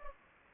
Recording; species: mosquito wingbeat signal from an infrared sensor; Anopheles gambiae